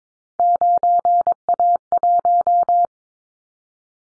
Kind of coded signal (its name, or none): Morse code